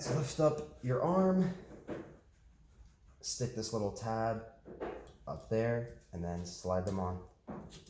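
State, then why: Not seated. A replacement windshield wiper blade with a plastic adapter is being handled onto the wiper arm's hook on a 2012–2018 Ford Focus ST, with the arm lifted and the blade's tab positioned for sliding on. Someone talks throughout, with quiet handling sounds between phrases. Nothing has seated or clicked yet.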